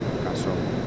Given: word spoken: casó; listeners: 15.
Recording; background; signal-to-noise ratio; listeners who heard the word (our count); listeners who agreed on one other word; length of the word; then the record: one Spanish word in noise, from a listening test; speech-shaped noise; -5.9 dB; 3 of 15; 6 of 15; 0.47 s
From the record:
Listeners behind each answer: 6, 5, 3, 1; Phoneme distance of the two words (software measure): 10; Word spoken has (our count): 2 syllables, 4 phonemes, stress on syllable 2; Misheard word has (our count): 2 syllables, 4 phonemes, stress on syllable 2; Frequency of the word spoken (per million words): 8.53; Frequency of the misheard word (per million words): 109.09